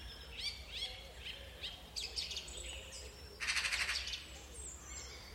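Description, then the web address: Bird calls: a series of short, thin chirps sliding down in pitch, irregularly spaced, then a brief loud noisy rush and a few fainter notes over low background rumble. "cianscape birddata Deverinetal 2025"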